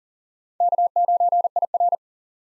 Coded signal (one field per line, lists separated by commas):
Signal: Morse code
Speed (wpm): 40 wpm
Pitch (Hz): 700 Hz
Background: none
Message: K9IR